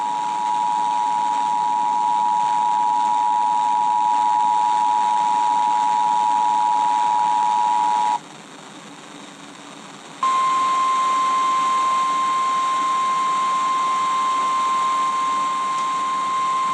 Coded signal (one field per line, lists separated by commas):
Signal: Emergency Alert System (SAME) tones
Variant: 853 and 960 Hz attention tone